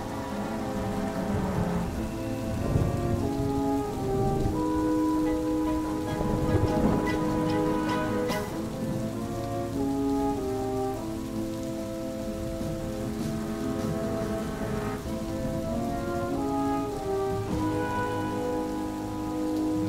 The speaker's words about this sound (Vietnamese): Gần cuối giờ hợi, giữa cơn mưa tầm tã và sấm chớp ầm trời